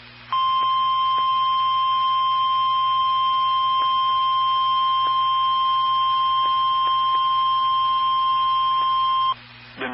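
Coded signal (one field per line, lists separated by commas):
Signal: Emergency Alert System (SAME) tones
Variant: 1050 Hz attention tone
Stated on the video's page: SAME tones of two Severe Thunderstorm Warnings received from NOAA Weather Radio transmitter.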